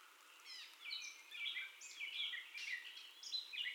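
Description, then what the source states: Gray catbird song: a quick jumble of squeaky, mewing and chattering notes, some rising and falling, delivered without pause. First song, recorded 30 May 2021 at 04:48.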